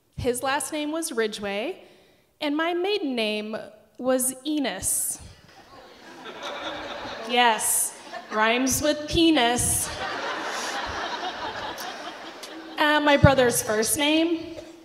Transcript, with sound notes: His last name was Ridgeway. And my maiden name was Enos. (laughter) Yes, rhymes with penis. (laughter) My brother's first name,